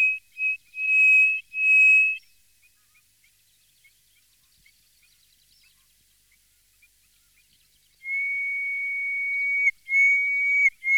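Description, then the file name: Greater hoopoe-lark song: a few loud whistled notes, then several seconds of faint ticking, followed by a long steady whistle and another drawn note. "Jean C Roche - Sirli du desert"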